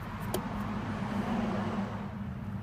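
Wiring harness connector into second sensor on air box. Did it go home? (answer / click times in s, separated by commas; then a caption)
no / none. A wiring harness connector is handled at the second sensor on the air box of a 2002 Mazda Protege, next to the MAF sensor, but it has not seated or clicked yet. A steady low hum continues throughout, with a brief bright tick at 0.3 s.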